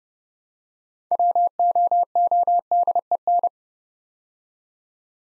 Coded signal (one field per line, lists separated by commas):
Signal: Morse code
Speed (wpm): 29 wpm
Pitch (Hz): 700 Hz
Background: none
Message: WOODEN